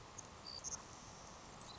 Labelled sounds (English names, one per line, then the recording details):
Savannah Sparrow
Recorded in Sonoma County, California